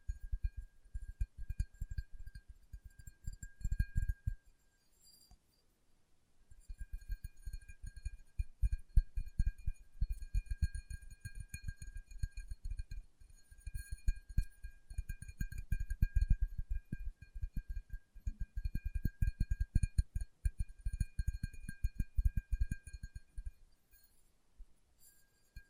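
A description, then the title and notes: Fingertips tap in quick, dense bursts, soft and low with a dull thump to each touch. The tapping pauses briefly around five to six seconds, then resumes steadily to the end, over a faint high steady whine. ASMR Tapping with Fingertips (No Talking).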